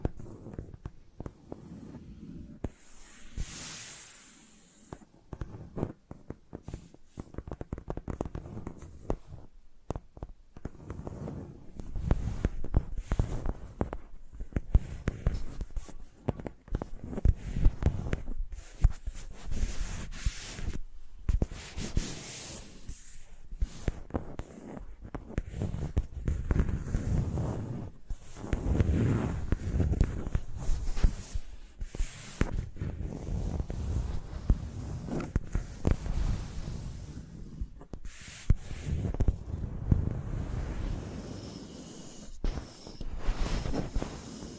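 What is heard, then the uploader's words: Microphones used like pencils make dense, irregular scratching and rubbing, with soft thumps and brief pauses, swelling louder around the middle and end. ASMR Using Mics as Pencils (No Talking).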